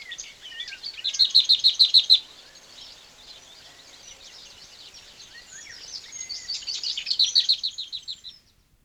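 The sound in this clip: Bird song in two bursts: a rapid run of high, evenly repeated notes, a quiet pause with faint chirps, then another twittering phrase ending in a fast trill.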